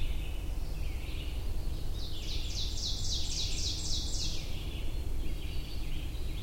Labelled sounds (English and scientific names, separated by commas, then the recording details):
Ovenbird (Seiurus aurocapilla) song
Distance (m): 60 m
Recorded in boreal forest in Alberta, Canada, on 22 June 2016 at 08:08
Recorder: SongMeter 3, array SBT-6-76
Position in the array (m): 154 m, 120 m
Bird 3